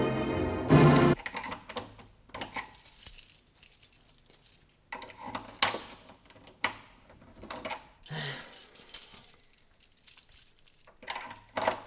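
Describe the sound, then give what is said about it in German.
A bunch of keys jangles and clinks in irregular bursts, bright metallic rattles with brief pauses between, as Harry's own bunch of keys is fumbled and tried in three different door locks. “Ich hatte Harrys eigenen Schlüsselbund.”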